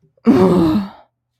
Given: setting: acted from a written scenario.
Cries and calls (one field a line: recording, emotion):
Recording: vocal sound without words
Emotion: anger